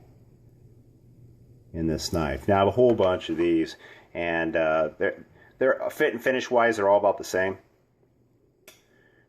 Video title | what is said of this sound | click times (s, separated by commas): Box of Knives and an update | can hear the snap that these have get | 8.7 s